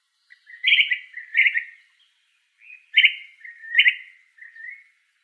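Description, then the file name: Brown-crested flycatcher giving several burry, harsh calls in two groups over several seconds. Recorded in Arizona on 17 June 2003. "Deviche"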